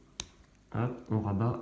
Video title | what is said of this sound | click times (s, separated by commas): Montre invicta pro driver + explication réglage (FR) | on va venir clipser ici. Hop, | 0.2 s